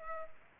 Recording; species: mosquito wingbeat signal from an infrared sensor; Culex pipiens